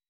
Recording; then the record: hydrophone in a shrimp aquaculture tank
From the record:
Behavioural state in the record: weakened